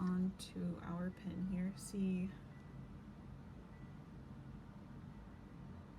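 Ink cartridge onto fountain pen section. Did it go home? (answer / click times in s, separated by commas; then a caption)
no / none. Someone talks for about the first 2.3 seconds while holding a refilled ink cartridge up to the nib section of a vintage mid-century Sheaffer fountain pen, lining it up with the small part that lets it snap in. After that, only a low, steady background hum remains. The cartridge has not been pushed home, and nothing has seated or clicked yet.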